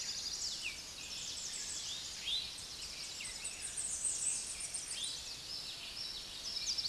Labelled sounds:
Eastern Towhee (Pipilo erythrophthalmus) song
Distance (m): 25 m
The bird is about level with the microphone
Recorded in a Pennsylvania forest on 16 May 2024 at 06:16
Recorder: AudioMoth, point MSD-2478
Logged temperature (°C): 15.6 °C
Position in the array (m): 50 m, 171 m

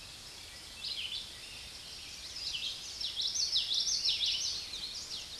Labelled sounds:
Common Yellowthroat (Geothlypis trichas) song
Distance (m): 10 m
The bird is about level with the microphone
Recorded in a Pennsylvania forest on 16 May 2024 at 06:56
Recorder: AudioMoth, point MSD-2164
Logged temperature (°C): 15.8 °C
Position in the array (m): 200 m, 81 m

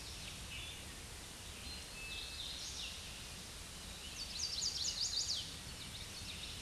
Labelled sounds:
Chestnut-sided Warbler (Setophaga pensylvanica) song
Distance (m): 20 m
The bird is about 5 m above the microphone
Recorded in a Pennsylvania forest on 16 May 2024 at 06:53
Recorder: AudioMoth, point MSD-2163
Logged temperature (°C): 16.1 °C
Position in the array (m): 170 m, 151 m

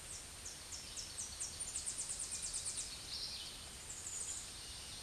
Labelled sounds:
Tennessee Warbler (Leiothlypis peregrina) song
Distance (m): 30 m
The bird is about level with the microphone
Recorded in a Pennsylvania forest on 16 May 2024 at 07:33
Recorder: AudioMoth, point MSD-0665
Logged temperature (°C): 16.1 °C
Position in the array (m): 70 m, 59 m

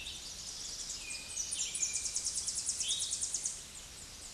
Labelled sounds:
Tennessee Warbler (Leiothlypis peregrina) song
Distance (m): 35 m
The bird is about 20 m above the microphone
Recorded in a Pennsylvania forest on 16 May 2024 at 07:17
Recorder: AudioMoth, point MSD-1405
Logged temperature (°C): 15.6 °C
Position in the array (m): 158 m, 218 m

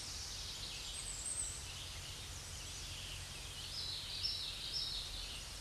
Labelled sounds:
Common Yellowthroat (Geothlypis trichas) song
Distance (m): 25 m
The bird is about 5 m above the microphone
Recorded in a Pennsylvania forest on 16 May 2024 at 07:36
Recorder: AudioMoth, point MSD-2107
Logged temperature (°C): 16.1 °C
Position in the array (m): 31 m, 148 m

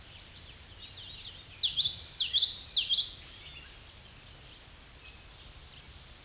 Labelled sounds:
Common Yellowthroat (Geothlypis trichas) song
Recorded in a Pennsylvania forest on 16 May 2024 at 07:28
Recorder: AudioMoth, point MSD-1342
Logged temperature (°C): 15.5 °C
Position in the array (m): 229 m, 182 m

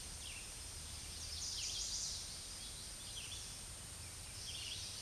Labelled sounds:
Chestnut-sided Warbler (Setophaga pensylvanica) song
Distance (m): 45 m
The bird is about 5 m above the microphone
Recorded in a Pennsylvania forest on 16 May 2024 at 07:35
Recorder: AudioMoth, point MSD-2083
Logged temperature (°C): 16.7 °C
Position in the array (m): 105 m, -5 m

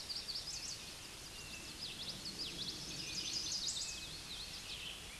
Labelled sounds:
Common Yellowthroat (Geothlypis trichas) song
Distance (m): 20 m
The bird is about 5 m above the microphone
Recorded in a Pennsylvania forest on 16 May 2024 at 09:38
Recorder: AudioMoth, point MSD-2039
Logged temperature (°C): 15.0 °C
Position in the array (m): 90 m, 93 m

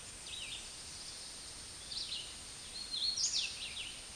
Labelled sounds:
Hooded Warbler (Setophaga citrina) song
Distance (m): 20 m
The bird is about 15 m above the microphone
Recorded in a Pennsylvania forest on 16 May 2024 at 08:36
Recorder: AudioMoth, point MSD-0398
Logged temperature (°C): 16.4 °C
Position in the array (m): 146 m, 97 m

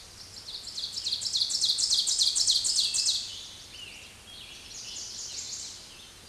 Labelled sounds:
Ovenbird (Seiurus aurocapilla) song
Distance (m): 15 m
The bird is about 5 m above the microphone
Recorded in a Pennsylvania forest on 16 May 2024 at 06:33
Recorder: AudioMoth, point MSD-0475
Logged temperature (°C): 12.3 °C
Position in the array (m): 135 m, 5 m

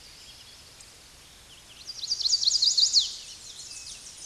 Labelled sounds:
Chestnut-sided Warbler (Setophaga pensylvanica) song
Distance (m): 5 m
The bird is about level with the microphone
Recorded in a Pennsylvania forest on 16 May 2024 at 08:36
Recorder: AudioMoth, point MSD-2443
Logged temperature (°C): 16.4 °C
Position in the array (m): 169 m, 192 m

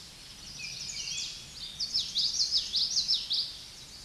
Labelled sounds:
Common Yellowthroat (Geothlypis trichas) song
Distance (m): 15 m
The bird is about 10 m above the microphone
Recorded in a Pennsylvania forest on 16 May 2024 at 07:14
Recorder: AudioMoth, point MSD-2061
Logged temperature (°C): 16.1 °C
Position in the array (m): 233 m, 174 m

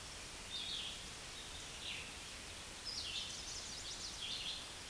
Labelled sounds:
Red-eyed Vireo (Vireo olivaceus) song
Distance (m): 25 m
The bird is about 20 m above the microphone
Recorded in a Pennsylvania forest on 16 May 2024 at 09:36
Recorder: AudioMoth, point MSD-1295
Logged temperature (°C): 13.7 °C
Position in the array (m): 181 m, 75 m

